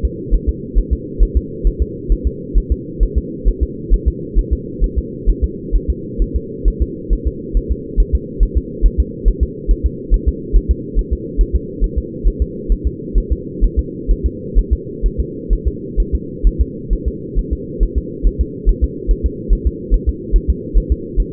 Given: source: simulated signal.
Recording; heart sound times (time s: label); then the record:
fetal heart sounds
0.05 s: S2
0.34 s: S1
0.49 s: S2
0.78 s: S1
0.93 s: S2
1.23 s: S1
1.37 s: S2
1.67 s: S1
1.82 s: S2
2.12 s: S1
2.27 s: S2
2.58 s: S1
2.72 s: S2
3.03 s: S1
3.18 s: S2
3.48 s: S1
3.63 s: S2
3.94 s: S1
4.08 s: S2
4.39 s: S1
4.53 s: S2
4.84 s: S1
4.98 s: S2
5.29 s: S1
5.44 s: S2
5.76 s: S1
5.90 s: S2
6.22 s: S1
6.36 s: S2
6.68 s: S1
6.82 s: S2
7.13 s: S1
7.28 s: S2
7.57 s: S1
7.72 s: S2
8.00 s: S1
8.15 s: S2
8.43 s: S1
8.57 s: S2
8.86 s: S1
9.00 s: S2
9.28 s: S1
9.43 s: S2
9.71 s: S1
9.86 s: S2
10.14 s: S1
10.28 s: S2
10.56 s: S1
10.71 s: S2
10.99 s: S1
11.13 s: S2
11.41 s: S1
11.56 s: S2
11.84 s: S1
11.98 s: S2
12.28 s: S1
12.42 s: S2
12.72 s: S1
12.87 s: S2
13.18 s: S1
13.32 s: S2
13.64 s: S1
13.79 s: S2
14.11 s: S1
14.26 s: S2
14.59 s: S1
14.73 s: S2
15.06 s: S1
15.20 s: S2
15.53 s: S1
15.68 s: S2
16.00 s: S1
16.15 s: S2
16.47 s: S1
16.61 s: S2
16.93 s: S1
17.08 s: S2
17.39 s: S1
17.53 s: S2
17.83 s: S1
17.98 s: S2
18.27 s: S1
18.41 s: S2
18.69 s: S1
18.84 s: S2
19.11 s: S1
19.26 s: S2
19.53 s: S1
19.67 s: S2
19.94 s: S1
20.09 s: S2
20.36 s: S1
20.50 s: S2
20.78 s: S1
20.92 s: S2
21.20 s: S1
From the record:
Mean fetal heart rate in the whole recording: 135 bpm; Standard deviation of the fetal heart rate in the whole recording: 3 bpm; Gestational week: 36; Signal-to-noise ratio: -4.1 dB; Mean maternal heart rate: no maternal heart sound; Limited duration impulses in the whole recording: absent